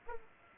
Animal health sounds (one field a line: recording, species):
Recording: mosquito wingbeat signal from an infrared sensor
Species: Aedes aegypti